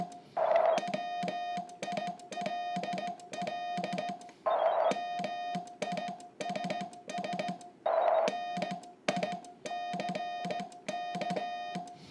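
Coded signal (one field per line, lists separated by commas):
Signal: Morse code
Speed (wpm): 16 wpm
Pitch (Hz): 2450 Hz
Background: music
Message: WILL MISS NICK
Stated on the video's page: Real-time unedited Morse contact recreating a first ham radio contact from 50 years earlier.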